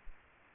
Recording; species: mosquito wingbeat signal from an infrared sensor; Aedes aegypti